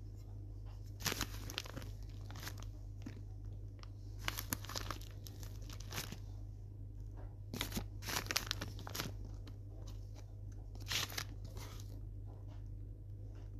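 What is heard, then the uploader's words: Someone eats a crunchy sandwich, sharp crackling bites arriving in irregular bursts every second or two over a steady low hum. Making crunchy sandwiches and eating them. Reading paper.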